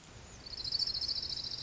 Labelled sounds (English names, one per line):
Orange-crowned Warbler